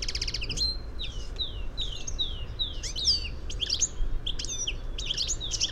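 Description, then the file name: European goldfinch calling in a series of short descending slurred whistles, then quicker tinkling twitters and buzzy notes toward the end, with low background rumble. "Carduelis carduelis"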